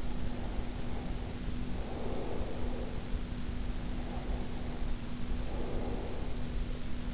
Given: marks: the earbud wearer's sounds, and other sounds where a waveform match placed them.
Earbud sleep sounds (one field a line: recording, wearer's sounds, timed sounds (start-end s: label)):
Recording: sounds in sleep by an in-ear microphone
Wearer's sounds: breath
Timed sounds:
0.00-3.24 s: breath
3.70-6.52 s: breath